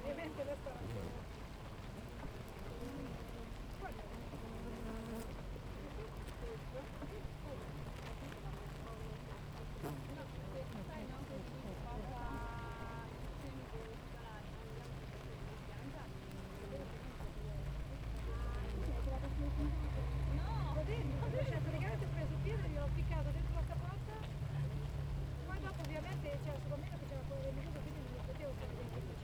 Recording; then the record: honeybee colony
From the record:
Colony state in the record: active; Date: 28 July 2017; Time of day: 7:30